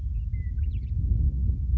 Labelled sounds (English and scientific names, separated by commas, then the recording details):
Western Meadowlark (Sturnella neglecta)
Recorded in Sonoma County, California